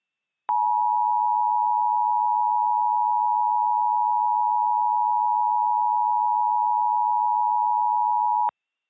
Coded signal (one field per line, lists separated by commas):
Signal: Emergency Alert System (SAME) tones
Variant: 853 and 960 Hz attention tone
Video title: Tornadic Train Wreck | EAS Mock #26